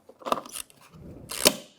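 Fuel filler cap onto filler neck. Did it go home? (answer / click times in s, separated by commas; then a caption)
yes / 1.3 s, 1.5 s. A plastic fuel filler cap on a 2012-2019 Fiat 500 (1.4L L4) is screwed back onto its filler neck. Early turning rattles give way to its ratchet clicking at 1.3 and 1.5 seconds. The clicks confirm the cap is tight.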